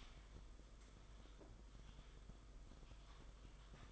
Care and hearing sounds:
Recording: daily activity, microphone in the room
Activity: typing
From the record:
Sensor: 5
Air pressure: 991.1 hPa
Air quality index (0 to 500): 131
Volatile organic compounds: 70 ppm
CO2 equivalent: 3520 ppm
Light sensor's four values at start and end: 38/121/46/49 and 38/121/46/49

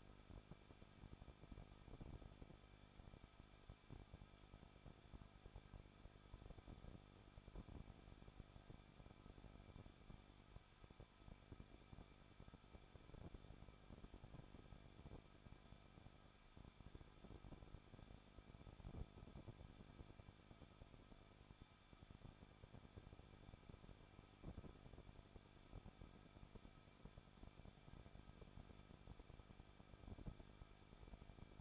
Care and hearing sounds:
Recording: daily activity, microphone in the room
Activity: no activity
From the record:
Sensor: 5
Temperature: 20.9 degrees Celsius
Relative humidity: 38.1%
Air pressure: 1006.4 hPa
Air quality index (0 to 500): 187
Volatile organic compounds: 18 ppm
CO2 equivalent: 2624 ppm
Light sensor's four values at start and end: 2/3/1/1 and 2/3/1/1

